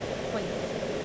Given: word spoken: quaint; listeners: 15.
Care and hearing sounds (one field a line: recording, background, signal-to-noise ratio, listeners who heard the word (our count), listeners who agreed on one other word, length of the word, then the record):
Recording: one English word in noise, from a listening test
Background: speech-shaped noise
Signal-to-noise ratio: -6.5 dB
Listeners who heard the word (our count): 3 of 15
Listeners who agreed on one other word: 10 of 15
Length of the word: 0.65 s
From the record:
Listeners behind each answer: 10, 3, 1, 1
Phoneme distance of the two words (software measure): 27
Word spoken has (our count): 1 syllable, 5 phonemes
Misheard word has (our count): 1 syllable, 4 phonemes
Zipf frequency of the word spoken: 3.41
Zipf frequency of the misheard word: 5.60